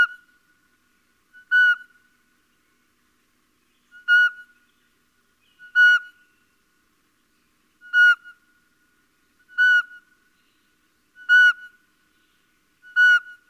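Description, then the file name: Little owl repeating a short, mewing whistle that dips at the close, several calls at slightly uneven intervals of roughly two seconds, no other sounds. "Civetta"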